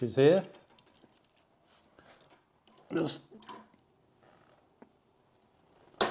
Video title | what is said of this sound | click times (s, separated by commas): Royal Enfield Himalayan Valve check | push that on until it clicks pull it back | 6.0 s